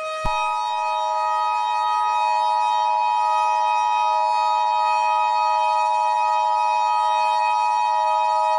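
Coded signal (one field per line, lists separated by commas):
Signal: Emergency Alert System (SAME) tones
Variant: 853 and 960 Hz attention tone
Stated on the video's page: Fictional EAS scenario with simulated alerts, including hijack warnings and a global alert.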